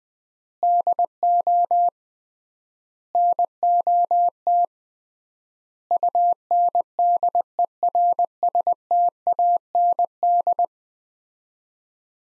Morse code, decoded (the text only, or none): DO NOT UNDERSTAND